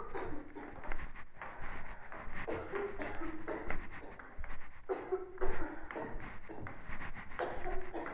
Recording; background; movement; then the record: deep breathing; a bystander coughing; walking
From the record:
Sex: female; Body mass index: 18.3 kg/m2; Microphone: on the chest, facing the body